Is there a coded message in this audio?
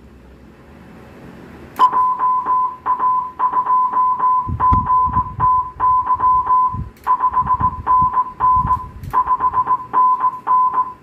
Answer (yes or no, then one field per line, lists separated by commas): yes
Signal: Morse code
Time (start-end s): 1.8-10.8 s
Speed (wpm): 18 wpm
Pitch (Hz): 1010 Hz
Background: music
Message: JA2GTY 5NN 5NN